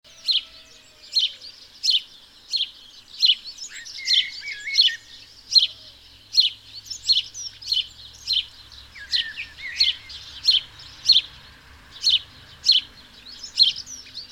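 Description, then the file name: House sparrow chirping, many sharp chirps in a long series, with a few softer lower notes mixed in partway through. "Passer domesticus"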